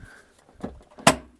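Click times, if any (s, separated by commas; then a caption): 0.6 s, 1.0 s, 1.1 s. A plastic trunk trim piece is forced out of the body panel of a 2019–2024 Subaru Forester while installing an OEM trailer hitch. Its retaining clips pop free with sharp snaps at 0.6 s, 1.0 s and 1.1 s, the last the loudest, and the clips release.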